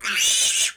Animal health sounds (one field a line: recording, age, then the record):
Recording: pig call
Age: piglet (1 to 25 days)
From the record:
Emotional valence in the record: negative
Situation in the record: castration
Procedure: castration, shear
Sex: male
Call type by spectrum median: high-frequency call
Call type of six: high-frequency modulated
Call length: 0.77 s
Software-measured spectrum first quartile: 2993 Hz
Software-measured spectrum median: 5138 Hz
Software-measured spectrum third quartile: 7304 Hz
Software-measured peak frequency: 2854 Hz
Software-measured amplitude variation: 105 dB a second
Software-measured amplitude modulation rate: 17.6 a second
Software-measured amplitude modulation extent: 5.9 dB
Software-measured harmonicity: 1.2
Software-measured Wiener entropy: -1.92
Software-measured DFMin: 991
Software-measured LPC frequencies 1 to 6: 1501, 2888, 3609, 4944, 6037, 6477 Hz